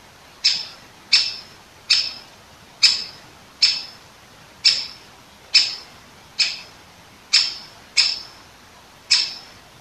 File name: dzieciol duzy nikolay sariev. dendrocopos major), 2015-09-21 , 19 10